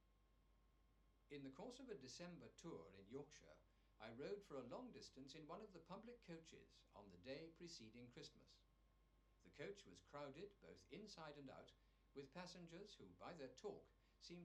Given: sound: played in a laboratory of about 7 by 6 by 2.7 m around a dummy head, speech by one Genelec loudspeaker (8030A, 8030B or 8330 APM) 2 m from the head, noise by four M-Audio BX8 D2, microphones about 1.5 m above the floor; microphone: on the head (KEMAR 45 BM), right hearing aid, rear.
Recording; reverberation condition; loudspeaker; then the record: male speech in English; low; 150 degrees to the right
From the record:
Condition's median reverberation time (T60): about 310 ms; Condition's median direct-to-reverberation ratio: about 3.5 dB